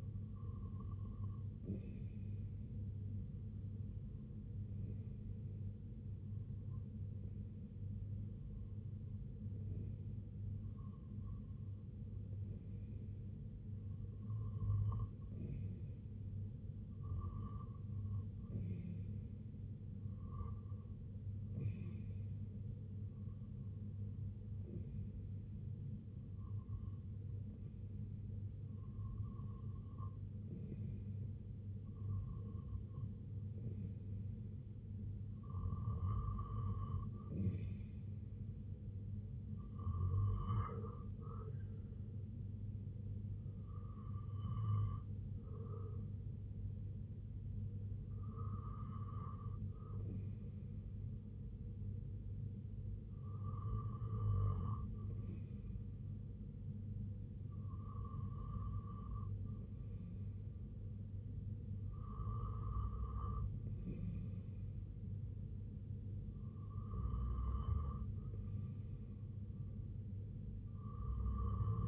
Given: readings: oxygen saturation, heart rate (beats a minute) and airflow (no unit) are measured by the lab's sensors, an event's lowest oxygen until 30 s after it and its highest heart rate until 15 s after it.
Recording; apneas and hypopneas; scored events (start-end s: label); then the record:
breathing in sleep by a smartphone at the bedside; 1
10.00-28.80 s: hypopnea (REM, oxygen 97% highest, then 94% lowest, heart rate 67 at the start, 80 highest)
From the record:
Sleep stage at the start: REM sleep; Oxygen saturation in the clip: 93 to 97%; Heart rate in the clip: 64 to 84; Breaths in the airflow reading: 18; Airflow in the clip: -6.8 to 3.5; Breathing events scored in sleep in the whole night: 258 in 7.4 hours asleep